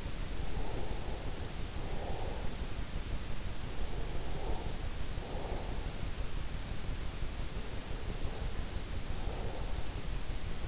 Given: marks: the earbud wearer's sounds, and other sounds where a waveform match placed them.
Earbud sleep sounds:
sounds in sleep by an in-ear microphone; breath
0.00-3.08 s: breath
3.31-7.26 s: breath
7.77-10.68 s: breath

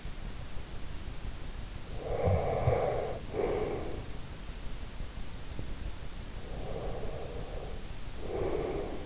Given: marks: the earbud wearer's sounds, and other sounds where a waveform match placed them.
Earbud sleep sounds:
sounds in sleep by an in-ear microphone; snoring breath, breath
1.92-4.18 s: snoring breath
6.35-9.06 s: breath

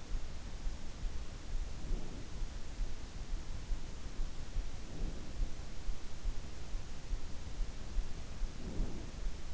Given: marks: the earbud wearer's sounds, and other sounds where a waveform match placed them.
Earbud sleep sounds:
sounds in sleep by an in-ear microphone; breath
1.65-2.91 s: breath
4.85-5.85 s: breath
8.34-9.53 s: breath

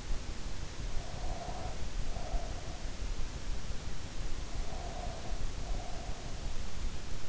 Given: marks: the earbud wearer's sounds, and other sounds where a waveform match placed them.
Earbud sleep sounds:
sounds in sleep by an in-ear microphone; breath
1.00-2.76 s: breath
4.53-6.28 s: breath

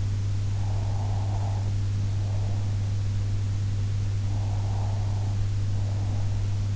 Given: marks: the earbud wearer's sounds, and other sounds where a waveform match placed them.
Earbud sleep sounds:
sounds in sleep by an in-ear microphone; breath
0.53-2.93 s: breath
4.10-6.41 s: breath

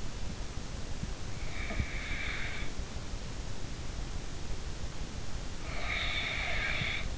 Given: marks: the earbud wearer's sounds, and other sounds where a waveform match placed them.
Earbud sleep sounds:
sounds in sleep by an in-ear microphone; snoring breath
1.58-2.81 s: snoring breath
5.69-7.18 s: snoring breath

